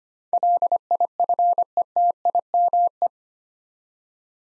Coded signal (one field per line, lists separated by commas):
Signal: Morse code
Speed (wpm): 25 wpm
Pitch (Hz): 700 Hz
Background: none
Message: LIFETIME